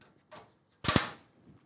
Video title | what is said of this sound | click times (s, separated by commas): MSi MAG Pano 100L PZ Gaming PC Build! New Cooler & Fans! | Snaps right in place, that's crazy. | 0.9 s, 1.0 s